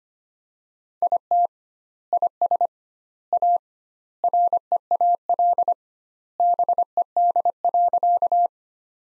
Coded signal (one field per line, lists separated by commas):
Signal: Morse code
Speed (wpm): 25 wpm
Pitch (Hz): 700 Hz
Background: none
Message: IT IS A REAL BED.